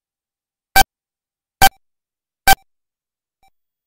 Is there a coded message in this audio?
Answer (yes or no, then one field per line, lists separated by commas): no